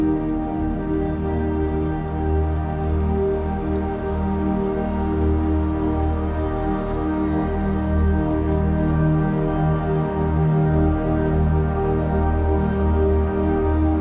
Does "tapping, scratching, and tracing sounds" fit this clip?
no